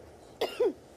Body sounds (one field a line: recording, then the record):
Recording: coughing mixed with background sound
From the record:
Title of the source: choking, hacking coughing